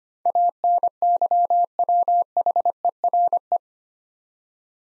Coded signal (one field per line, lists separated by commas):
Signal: Morse code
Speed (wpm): 25 wpm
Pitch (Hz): 700 Hz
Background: none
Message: ANYWHERE